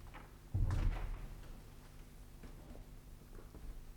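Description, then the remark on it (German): A door is quietly closed by two people leaving a room, swinging shut with a muffled, low thud and a brief rattle of the latch, followed by near-silence broken only by a few faint clicks. “Sie stand noch unbewegt und ohne sich umzudrehen, als die beiden das Zimmer verließen und die Tür leise hinter sich zumachten.”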